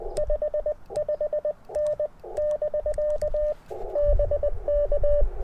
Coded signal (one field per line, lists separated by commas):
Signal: Morse code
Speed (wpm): 20 wpm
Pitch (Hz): 600 Hz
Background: none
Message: 55N <BK> BK